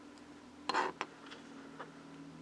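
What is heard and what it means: A plastic accessory piece is pushed into a socket on a Playmobil The A-Team toy van body until it pops into place. Two sharp plastic clicks sound at 0.7 s and 1.0 s, followed by a fainter tick around 1.8 s over low background hum. The piece is seated.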